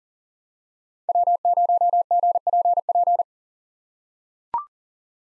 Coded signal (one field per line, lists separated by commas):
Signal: Morse code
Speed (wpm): 40 wpm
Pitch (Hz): 700 Hz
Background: none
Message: W0GPP